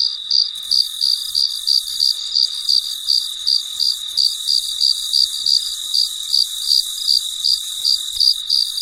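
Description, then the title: Cricket repeating brief high-pitched chirps at a steady pace of about three per second, with a constant high drone underneath. Recorded late at night; described as very quiet and peaceful. "深夜录制蟋蟀昆虫声"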